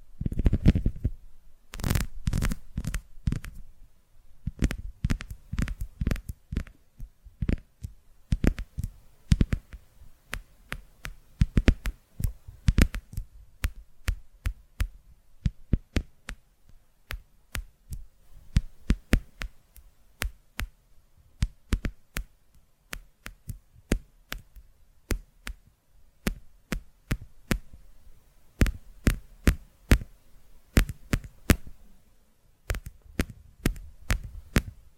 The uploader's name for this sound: ASMR Tapping Through Your Brain